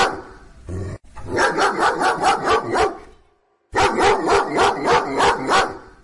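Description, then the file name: Dog giving fast, repeated barks in two long runs separated by a short pause, with a faint lower sound at the very start. "Dog Barking"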